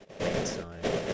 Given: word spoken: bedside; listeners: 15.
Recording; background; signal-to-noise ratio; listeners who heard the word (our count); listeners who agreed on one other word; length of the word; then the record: one English word in noise, from a listening test; noise modulated by three-talker babble; -7.3 dB; 0 of 15; 11 of 15; 0.74 s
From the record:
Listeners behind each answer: 11, 2, 1, 1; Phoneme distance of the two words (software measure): 27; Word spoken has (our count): 2 syllables, 6 phonemes, stress on syllable 1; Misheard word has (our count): 2 syllables, 5 phonemes, stress on syllable 2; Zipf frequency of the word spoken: 3.45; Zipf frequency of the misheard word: 5.36